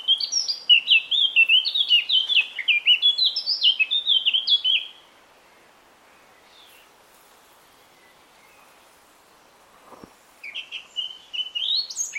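Eurasian Blackcap with a five-second phrase of quick, varied warbling. Several quiet seconds pass, then a second phrase begins.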